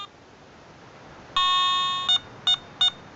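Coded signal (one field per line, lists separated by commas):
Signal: beep code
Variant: Garrett ATX metal detector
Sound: one long buzzy electronic tone, then three short beeps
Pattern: 1 long, 3 short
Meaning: The scan has found a quiet operating frequency and the detector is ready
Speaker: we'll get the beeps to indicate that it's got a quiet operating frequency and we're away. There we go, 3 beeps ready to go.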